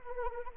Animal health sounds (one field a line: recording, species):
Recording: mosquito wingbeat signal from an infrared sensor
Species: Anopheles arabiensis